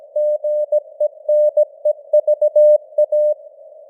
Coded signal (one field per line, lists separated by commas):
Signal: Morse code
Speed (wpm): 17 wpm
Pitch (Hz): 600 Hz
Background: none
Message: GENEVA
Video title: Morse Code News | 2025-11-23 | 17wpm